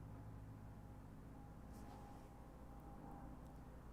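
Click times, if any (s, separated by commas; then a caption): none. An SD card is pushed into the card socket on a breakout board and does not latch. Only a steady low rumble with faint hum is heard, and no click occurs. The card never seats in the socket.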